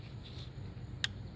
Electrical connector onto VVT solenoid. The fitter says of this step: Push it until you hear that click.